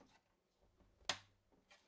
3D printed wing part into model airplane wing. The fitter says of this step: wing okay it's snapped in in place